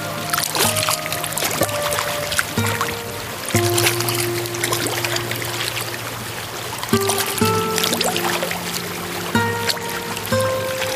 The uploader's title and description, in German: Natur - Fuschlsee, Salzburger Land. Aufnahme des Sees mit Enten